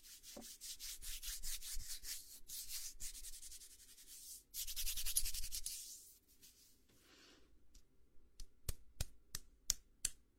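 A head and shoulder massage: hands rub steadily with a soft, hissing brush over the first six seconds, swelling louder around 4.5 to 6 seconds. After a brief quieter stretch, the rubbing gives way to a string of sharp, regular taps near the end.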